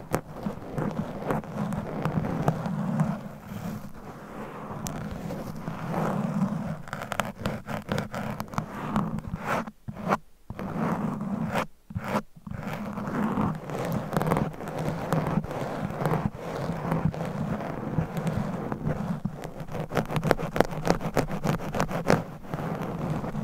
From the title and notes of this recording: ASMR Mic Scratching - Brain Scratching with Claws. No Talking.